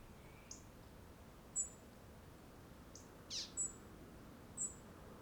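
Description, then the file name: European robin giving thin, high, scattered notes separated by pauses, against steady low background hiss. "Erithacus rubecula"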